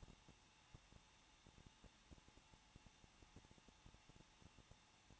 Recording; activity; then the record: daily activity, microphone in the room; no activity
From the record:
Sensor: 1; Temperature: 20.1 degrees Celsius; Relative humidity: 39.3%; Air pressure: 1006.3 hPa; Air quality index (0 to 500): 218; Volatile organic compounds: 80 ppm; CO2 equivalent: 3603 ppm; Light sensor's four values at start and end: 1/2/1/1 and 1/2/1/1